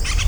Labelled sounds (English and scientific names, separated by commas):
Brown-throated Parakeet (Eupsittula pertinax) contact call